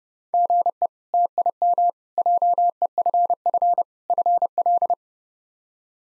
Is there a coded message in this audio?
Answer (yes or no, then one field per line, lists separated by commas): yes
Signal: Morse code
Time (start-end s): 0.3-4.9 s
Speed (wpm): 30 wpm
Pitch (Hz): 700 Hz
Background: none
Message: GE TIM JEFF FL